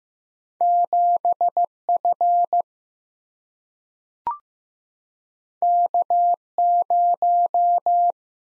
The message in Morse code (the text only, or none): 7F K0